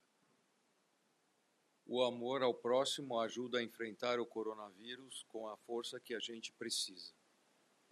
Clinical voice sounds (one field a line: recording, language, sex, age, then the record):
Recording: spoken sentence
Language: Brazilian Portuguese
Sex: male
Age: 50 to 59 years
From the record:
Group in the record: control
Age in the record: 55 years